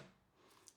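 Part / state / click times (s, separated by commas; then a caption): magnetic carry handle on a hard camera production case / seated / 0.7 s. The folding magnetic carry handle on a hard camera production case is lowered until its magnet catches it. After a quiet rustle, a short, sharp snap at 0.7 s marks the handle seating flat against the case. The magnet keeps it from swinging when not in use.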